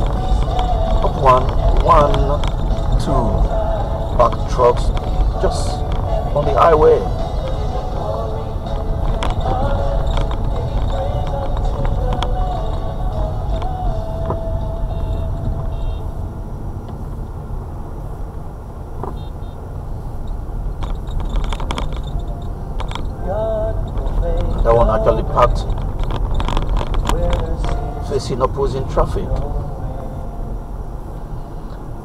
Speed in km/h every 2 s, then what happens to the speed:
27, 27, 29, 29, 27, 27, 26, 24, 18, 18, 21, 26, 27, 31, 32, 34.
0-10 steady at about 27. 10-18 slows to 18. 18-32 speeds up to 34.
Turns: none.